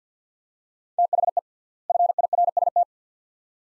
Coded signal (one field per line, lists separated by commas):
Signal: Morse code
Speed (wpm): 45 wpm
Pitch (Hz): 700 Hz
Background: none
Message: THE FIRST